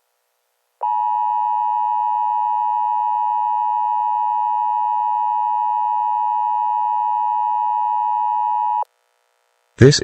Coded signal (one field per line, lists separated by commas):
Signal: Emergency Alert System (SAME) tones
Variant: 853 and 960 Hz attention tone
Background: speech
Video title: Eas scenario #3 haters